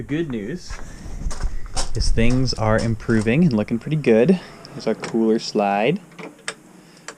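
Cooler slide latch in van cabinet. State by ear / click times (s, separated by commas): seated / 6.5 s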